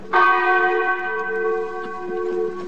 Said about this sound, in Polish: 309 uderzeń dzwonu, tyle ilu było zabitych.